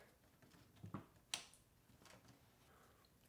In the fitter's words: around and clicks right in, and you'll hear a click.